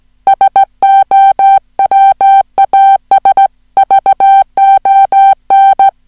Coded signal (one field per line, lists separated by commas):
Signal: Morse code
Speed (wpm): 16 wpm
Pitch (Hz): 780 Hz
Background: music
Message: SOWAS VON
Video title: Daedons - eine Kurzgeschichte in Morse - Teil 1 der Serie "Listen & Copy"